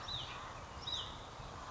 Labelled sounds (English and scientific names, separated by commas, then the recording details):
Hutton's Vireo (Vireo huttoni)
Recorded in Sonoma County, California